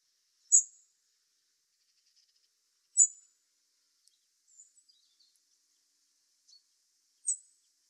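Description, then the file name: Common blackbird repeating a thin, high-pitched call note three times at irregular intervals, with faint soft ticks between the notes. "Turdus merula"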